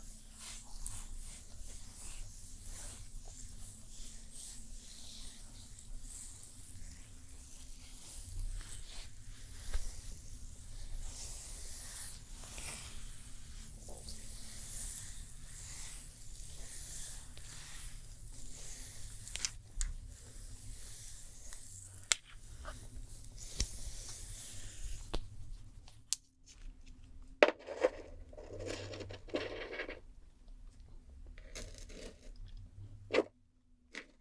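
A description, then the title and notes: A spa treatment: soft wet rubbing and hissing sprays with a low steady hum, then quieter, with scattered taps after 26 seconds. ASMR The BEST Stone SPA Treatment Spa Therapist Pampering You (Layered sounds & No Talking).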